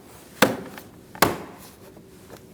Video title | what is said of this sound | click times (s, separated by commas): How to Replace Front Bumper Brackets 2008-2014 Mercedes-Benz C300 | snap into place | 0.4 s, 1.2 s